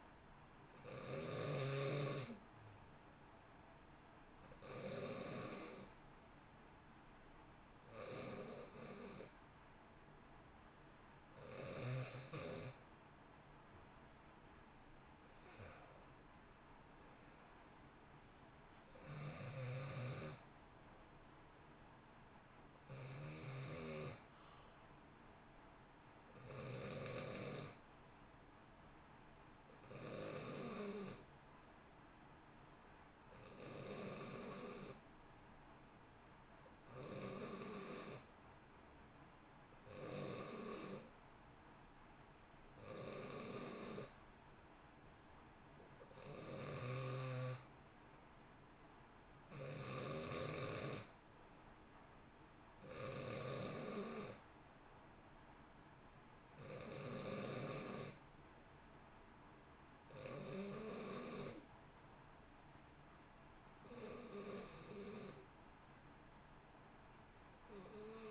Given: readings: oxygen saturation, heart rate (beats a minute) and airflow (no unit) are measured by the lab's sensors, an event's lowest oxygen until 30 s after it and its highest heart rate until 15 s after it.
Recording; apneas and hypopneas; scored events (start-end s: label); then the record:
breathing in sleep by a voice recorder at the bedside; 2
3.00-16.10 s: hypopnea (N2, oxygen 90% highest, then 90% lowest, heart rate 64 at the start, 64 highest)
37.00-49.70 s: hypopnea (N2, oxygen 92% highest, then 89% lowest, heart rate 60 at the start, 62 highest)
From the record:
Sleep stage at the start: N2 (light sleep); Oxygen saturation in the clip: 89 to 92%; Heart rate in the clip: 56 to 64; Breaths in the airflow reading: 18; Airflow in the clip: -1.1 to 2.1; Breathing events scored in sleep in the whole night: 328 in 6.3 hours asleep